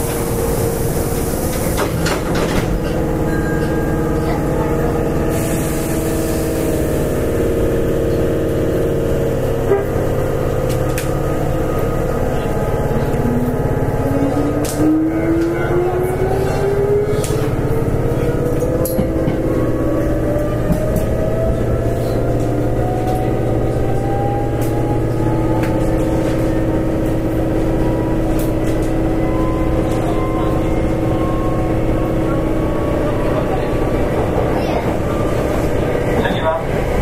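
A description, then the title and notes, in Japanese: Inside an express train in motion, a steady low rumble carries a motor whine that rises in pitch, with faint voices and rattles. 阪急6000系 宝塚線急行 梅田から宝塚まで。It is running sound of Hankyu Railway 6000 series train.I recorded on the express train of Takarazuka Line.The section is from Umeda to Takarazuka.電車の走行音。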